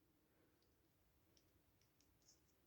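A plastic hip joint piece is being handled and pressed toward the right hip assembly of a plastic partwork figure, making soft scratching and light clicking handling noises. Nothing has seated or clicked into place yet.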